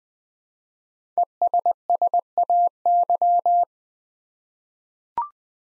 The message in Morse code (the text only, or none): ESSAY